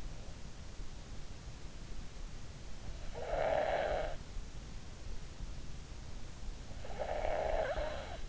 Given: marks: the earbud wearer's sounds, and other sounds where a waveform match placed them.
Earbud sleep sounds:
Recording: sounds in sleep by an in-ear microphone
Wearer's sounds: snoring breath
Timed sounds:
3.16-4.32 s: snoring breath
6.91-8.25 s: snoring breath

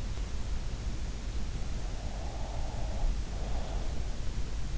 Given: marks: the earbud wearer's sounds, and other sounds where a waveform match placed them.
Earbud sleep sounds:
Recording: sounds in sleep by an in-ear microphone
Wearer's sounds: breath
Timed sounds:
1.98-4.24 s: breath

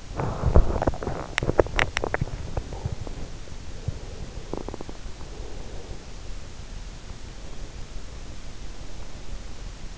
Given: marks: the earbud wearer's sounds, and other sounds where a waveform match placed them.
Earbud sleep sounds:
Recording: sounds in sleep by an in-ear microphone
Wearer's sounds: teeth grinding, swallowing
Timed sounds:
0.00-2.44 s: teeth grinding
1.81-2.41 s: swallowing
3.89-5.77 s: teeth grinding

